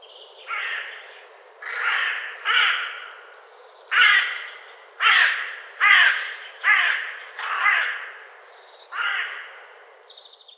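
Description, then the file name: Carrion crow cawing, about nine harsh, hoarse caws at uneven intervals, with faint high chirps from another bird in the background. "Corvus corone"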